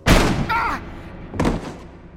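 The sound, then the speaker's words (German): A distant gunshot: a loud, sharp bang that rolls off into a rumbling echo, followed by a second, softer burst a moment later. “Der Knall erreichte mich aus der Ferne.”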